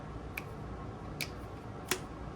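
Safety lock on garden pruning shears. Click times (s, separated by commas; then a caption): 0.4 s. The spring-loaded safety lock on bypass pruning shears with stainless steel blades and rubberized handles is slid back to unlock the blades, giving a sharp click at 0.4 s over a quiet background. Two more short clicks follow at about 1.2 s and 1.9 s. The lock is released and the shears are ready to use.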